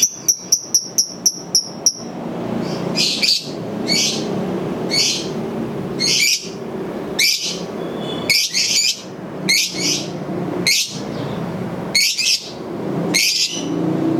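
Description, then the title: Lovebird calls: a quick run of sharp high ticks, then rasping, scratchy notes repeated about every second. Masteran bird sounds used for training birds. "MASTERAN BURUNG"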